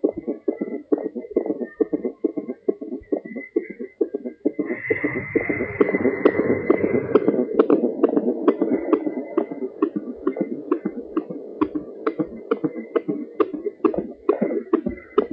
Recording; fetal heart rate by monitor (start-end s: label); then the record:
fetal heart sounds by stethoscope on the mother's abdomen
0.00-10.00 s: 137 bpm
10.00-15.33 s: 137 bpm
From the record:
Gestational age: 38 weeks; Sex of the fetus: boy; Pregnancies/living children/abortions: 2/1/0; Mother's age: 33 years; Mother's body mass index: 31.6